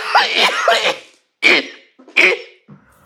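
An adult's pretty bad coughing fit: a strained, noisy first burst is followed by two sharp, explosive coughs about three-quarters of a second apart, with brief silences between. The harsh, forceful coughs come in quick succession, hard enough to bring on a cramp.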